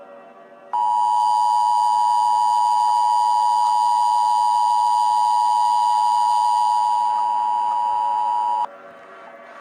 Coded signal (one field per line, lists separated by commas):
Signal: Emergency Alert System (SAME) tones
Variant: 853 and 960 Hz attention tone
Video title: EAS Scenario Earth's Villain